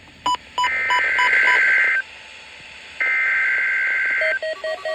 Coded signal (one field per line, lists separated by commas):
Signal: Emergency Alert System (SAME) tones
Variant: header bursts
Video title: EAS Required Weekly Test on NOAA Radios (1/4/2023) EAS #197